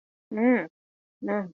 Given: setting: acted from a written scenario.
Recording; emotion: vocal sound without words; contempt